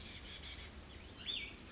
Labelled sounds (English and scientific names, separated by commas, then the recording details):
Cassin's Vireo (Vireo cassinii)
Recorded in Sonoma County, California